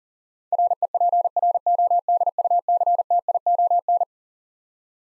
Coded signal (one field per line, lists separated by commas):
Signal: Morse code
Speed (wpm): 40 wpm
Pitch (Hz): 700 Hz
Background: none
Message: REPRODUCTION